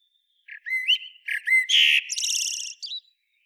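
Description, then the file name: Eurasian blackbird singing one phrase: mellow whistled notes, then a burst of high, scratchy twittering that ends with a short squeak. "Turdus merula"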